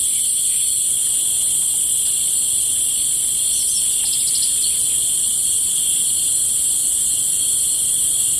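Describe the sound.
Cicadas give a steady, unbroken high-pitched drone in several layered bands that holds unchanged throughout, with a few faint chirps near the middle.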